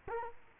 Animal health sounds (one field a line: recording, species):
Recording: mosquito wingbeat signal from an infrared sensor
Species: Culex quinquefasciatus